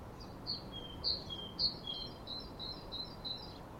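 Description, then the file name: Great tit giving a series of high and lower paired notes at an uneven pace, somewhat faint above a steady background hiss. "Parus major"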